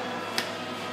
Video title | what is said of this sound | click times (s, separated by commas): Ford 3.5L DOHC Upper Intake Removal Procedure | Connect our electronic throttle body back up until it snaps. | 0.4 s